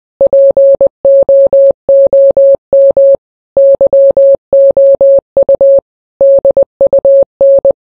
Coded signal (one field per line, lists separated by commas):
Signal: Morse code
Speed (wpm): 20 wpm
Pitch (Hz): 550 Hz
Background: none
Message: POOM YOU DUN